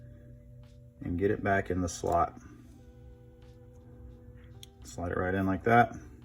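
The small square glass is slid into its slot on a miniature toy EOTECH-style optic, with a small plastic retaining piece meant to snap into the housing and hold the glass. Someone talks over soft handling sounds, with a brief faint tick near 4.6 seconds and a steady tonal hum underneath. Nothing has seated or snapped in yet.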